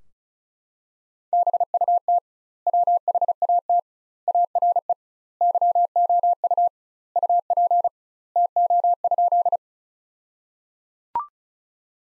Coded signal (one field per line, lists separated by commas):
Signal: Morse code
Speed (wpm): 34 wpm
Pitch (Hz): 700 Hz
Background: none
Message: BUT WHAT ARE YOU UP TO?